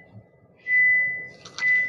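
In a Tata Altroz Accomplished S petrol being driven, the seat belt warning chime sounds as a steady tone around 2 kHz over low cabin rumble. The driver pulls the belt across and pushes the metal tongue into the buckle, which clicks in with sharp clicks at 1.5 s and 1.6 s, seating the belt.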